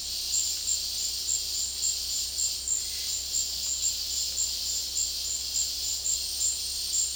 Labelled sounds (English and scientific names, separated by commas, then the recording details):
none
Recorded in dense forest near Puerto Asís, Putumayo, Colombia, on 19 February 2024 at 11:30
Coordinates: 0.485, -76.318
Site G6408